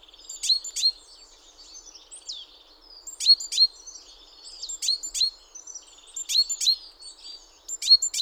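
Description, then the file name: Great tit calling with repeated clusters of sharp, high, falling notes every few seconds, and faint thin twitters in between. "Parus major"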